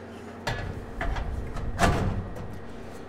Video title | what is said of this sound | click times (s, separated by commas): Rotatie module met hoekverstelling - CO2 laser machines | die kun je er zo opzetten en zit hij ook goed vergrendeld vast | 0.5 s, 1.0 s